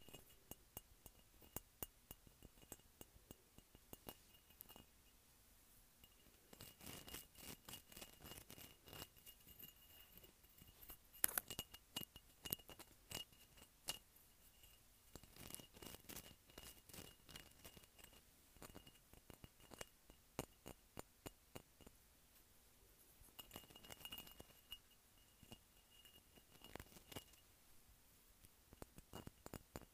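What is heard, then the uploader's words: Crisp taps and clicks on textured ceramic, each one short and bright with a hard ringing edge. The tapping comes in irregular bursts, busiest in the middle stretch, with brief pauses between runs. A faint steady hum sits quietly underneath throughout. ASMR Tapping Textured Ceramic.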